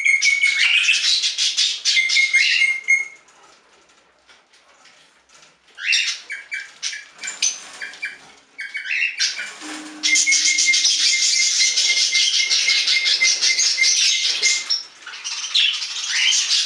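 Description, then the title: Budgerigar chattering in bursts of scratchy, warbled high notes with clicks, broken by a few seconds of near silence, then a long continuous stretch of babbling. "Budgie Sounds"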